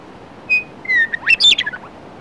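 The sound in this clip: Western meadowlark song: two clear whistled notes, the second slurring downward, then a rapid burst of gurgling, tumbling warbled notes.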